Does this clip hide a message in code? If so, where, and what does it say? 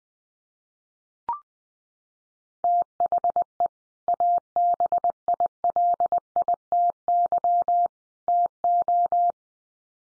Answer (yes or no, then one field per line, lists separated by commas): yes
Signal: Morse code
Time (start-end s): 2.6-9.3 s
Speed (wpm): 20 wpm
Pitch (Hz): 700 Hz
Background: none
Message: THE ABILITY TO